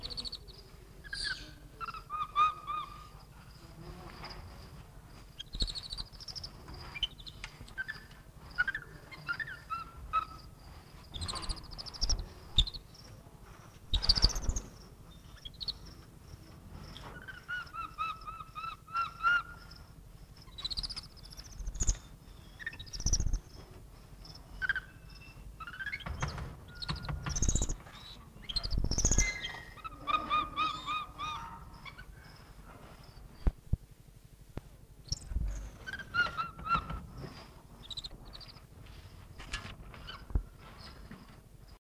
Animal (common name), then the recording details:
White-fronted Capuchin. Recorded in captivity. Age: adult. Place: Zoo Berlin, Berlin, DE. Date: 1960-03-12 16:30. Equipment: Reporter (Vollspur). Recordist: Tembrock, Günter